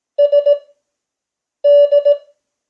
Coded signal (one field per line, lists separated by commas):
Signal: Morse code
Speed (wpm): 18 wpm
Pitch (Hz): 580 Hz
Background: none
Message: SD